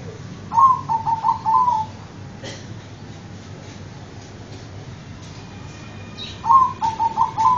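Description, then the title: Zebra dove cooing: a quick, soft phrase of several short, stuttering notes around one pitch, given twice with a long pause between, over a low background hum. "Suara Perkutut"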